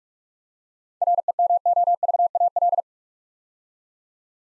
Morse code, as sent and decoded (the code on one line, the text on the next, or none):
.-. . -- --- ...- .- .-..
REMOVAL